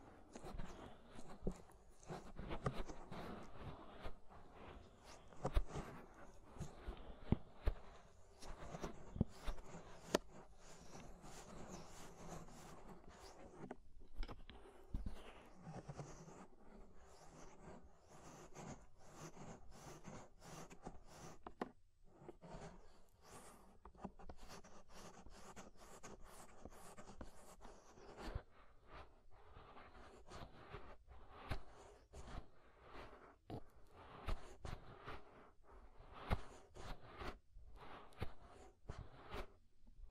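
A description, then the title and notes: Inner and outer ear scraping makes a dense, steady run of dry scratches and rustles, with sharper clicks and brief pauses throughout. Inner and Outer Ear Scraping (No Talking).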